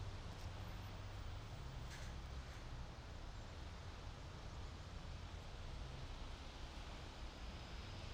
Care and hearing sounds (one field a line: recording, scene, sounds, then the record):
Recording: everyday scene through a hearing-aid microphone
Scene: in traffic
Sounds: traffic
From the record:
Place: main city hub, rush hour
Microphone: in the ear canal, right